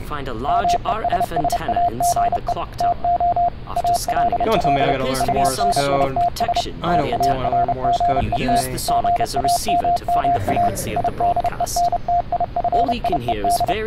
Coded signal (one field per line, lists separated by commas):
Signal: Morse code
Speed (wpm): 30 wpm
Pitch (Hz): 700 Hz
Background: speech, radio noise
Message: MESSAGE TO ALL UNITS TARGET GAMMA IDENTIFIED